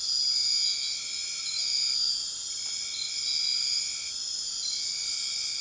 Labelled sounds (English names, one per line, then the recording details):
none
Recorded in dense forest near Puerto Asís, Putumayo, Colombia, on 18 February 2024 at 00:00
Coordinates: 0.502, -76.326
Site G6460